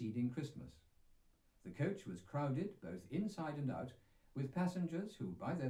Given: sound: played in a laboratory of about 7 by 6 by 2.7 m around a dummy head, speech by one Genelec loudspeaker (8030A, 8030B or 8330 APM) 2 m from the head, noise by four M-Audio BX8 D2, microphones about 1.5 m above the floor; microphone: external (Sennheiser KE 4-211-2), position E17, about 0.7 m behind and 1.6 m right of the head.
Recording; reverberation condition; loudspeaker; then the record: male speech in English; low; in front (0 degrees)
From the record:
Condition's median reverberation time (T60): about 310 ms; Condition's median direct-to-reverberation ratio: about 3.5 dB